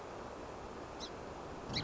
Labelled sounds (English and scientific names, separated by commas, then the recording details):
Song Sparrow (Melospiza melodia)
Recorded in Sonoma County, California